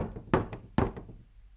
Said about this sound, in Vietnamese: Định đi xuống giường thì đột nhiên ngoài cửa lại vang lên những tiếng lộc cộc.